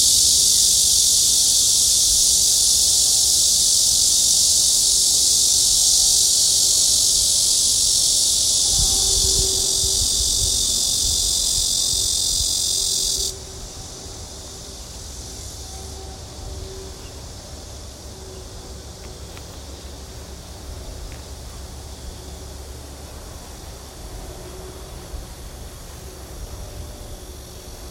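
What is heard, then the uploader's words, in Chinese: Cicadas sing in a forest, a dense, loud, high buzzing that holds steady for the first thirteen seconds and then cuts off abruptly. After that only a quiet low rumble and a few faint, scattered chirps remain. 森林吟蟬。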